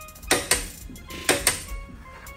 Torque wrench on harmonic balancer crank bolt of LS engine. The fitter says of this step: Y'all heard that? Click, click. That's 235, you two.